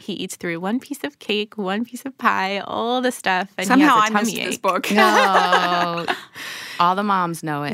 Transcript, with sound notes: He eats through one piece of cake, one piece of pie... all the stuff.
Somehow I missed this book. (laughter)
Oh, all the moms know it.